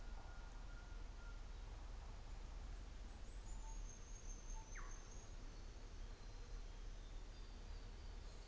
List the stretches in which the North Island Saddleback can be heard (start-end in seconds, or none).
none